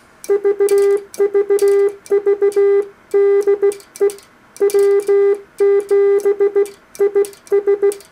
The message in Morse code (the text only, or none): VVV DE W7IS